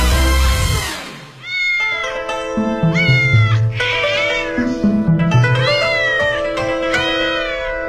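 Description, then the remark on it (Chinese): A cat of the Forbidden City (Palace Museum) meows repeatedly, a series of drawn-out, wavering cries that rise and fall in pitch, fairly loud with no talking over them, after a brief burst of noise at the start. “今天的风从哪里来，想跟您聊聊最近特别火的网红故宫里的猫。”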